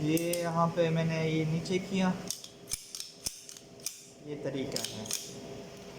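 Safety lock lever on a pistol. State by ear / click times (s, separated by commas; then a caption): not seated / none. Someone talks while handling the manual safety lock lever on a metal TT 30 bore China pistol, then short, sharp metallic handling sounds come between about 2.4 and 3.9 seconds and again near 5.1 seconds. The safety lock has not engaged yet, and nothing has seated or clicked home by the end of the clip.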